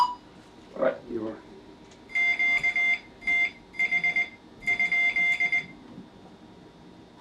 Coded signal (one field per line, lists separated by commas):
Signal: Morse code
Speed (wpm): 20 wpm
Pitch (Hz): 2100 Hz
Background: speech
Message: QTH?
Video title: Morse Code Intermediate Class 2